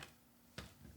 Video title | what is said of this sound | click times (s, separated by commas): Sizzix Stencil & Stamp Tool: Gimmick or Gamechanger?🤔 | and spin it really easily until it clicks | 0.6 s